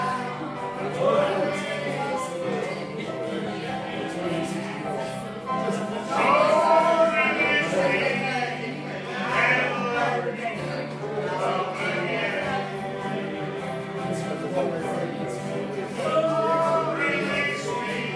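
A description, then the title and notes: A crowd sings along together in a steady, dense blend of voices, swelling louder in waves over a sustained low drone throughout. Irish Sing Along at Tigh Ruairi, Inis Oirr, Ireland. Tigh Ruairi (Rory's Pub) Bed & Breakfast, Inis Oirr, Aran Islands Inis Oírr, Aran Islands, Co Galway, Ireland.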